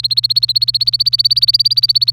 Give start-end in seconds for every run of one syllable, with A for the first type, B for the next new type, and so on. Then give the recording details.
0.00-2.12 A. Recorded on 27 April 2018 at 07:23. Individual llb3